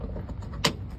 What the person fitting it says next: clicks into place